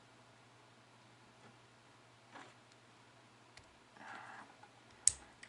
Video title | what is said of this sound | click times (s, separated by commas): Replacing the antenna base on a 2010 Mini Cooper | this in that little click it's locked in now | 5.1 s